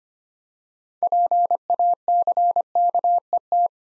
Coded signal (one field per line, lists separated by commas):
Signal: Morse code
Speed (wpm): 25 wpm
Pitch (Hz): 700 Hz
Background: none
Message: PACKET